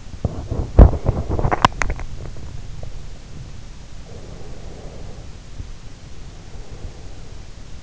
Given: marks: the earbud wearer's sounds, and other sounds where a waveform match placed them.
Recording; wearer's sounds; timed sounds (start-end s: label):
sounds in sleep by an in-ear microphone; teeth grinding, breath
0.00-2.45 s: teeth grinding
3.93-7.80 s: breath